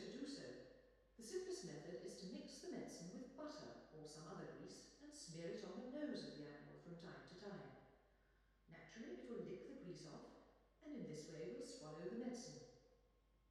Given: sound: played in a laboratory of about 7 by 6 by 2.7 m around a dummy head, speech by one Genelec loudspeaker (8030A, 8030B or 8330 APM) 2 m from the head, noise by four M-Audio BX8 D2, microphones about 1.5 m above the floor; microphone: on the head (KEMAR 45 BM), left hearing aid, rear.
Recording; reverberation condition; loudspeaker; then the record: female speech in English; high; 120 degrees to the right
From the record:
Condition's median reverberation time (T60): about 1300 ms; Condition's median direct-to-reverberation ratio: about -4.0 dB